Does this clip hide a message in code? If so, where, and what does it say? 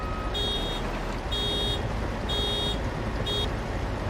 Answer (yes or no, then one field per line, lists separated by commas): no